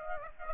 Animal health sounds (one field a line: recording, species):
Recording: mosquito wingbeat signal from an infrared sensor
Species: Aedes aegypti